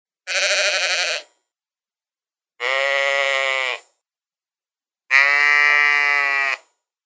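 Sheep bleating: three long, quavering bleats, each one to one and a half seconds long, separated by just over a second of silence.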